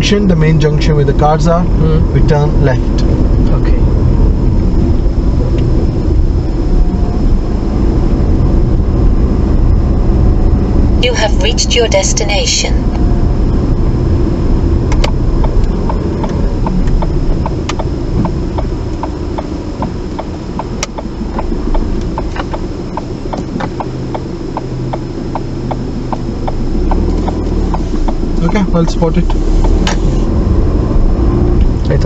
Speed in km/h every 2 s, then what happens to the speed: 32, 31, 26, 26, 27, 27, 24, 19, 10, 5, 5, 0, 0, 5, 11, 15.
0-4 slows to 26. 4-10 steady at about 26. 10-17 slows to 5. 21-25 standing. 25-32 pulls away to 15.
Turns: none.